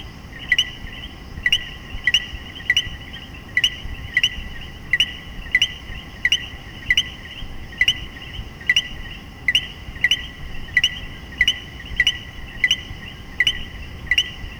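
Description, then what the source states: Common coquí calls, sharp two-part chirps sweeping upward, repeated steadily over a constant high chorus of other frogs. Several coquíes calling together in Puerto Rico.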